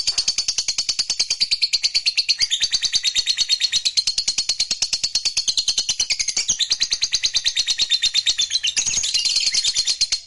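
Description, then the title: Lovebird song, an unbroken stream of fast, high, scratchy chattering pulses with slight pitch changes throughout. Recording meant to make a lazy, silent lovebird eager to sing, spontaneously going straight into narik (full song). "LOVEBIRD Malas Bunyi JADI GREGET SPONTAN Langsung NARIK"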